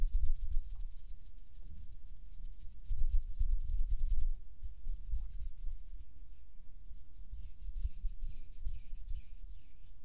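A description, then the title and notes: Soft hand movements rub and brush continuously, with low thumps in the first four seconds and bright, hissy strokes rising later on. HAND SOUNDS + SOFT HAND MOVEMENS.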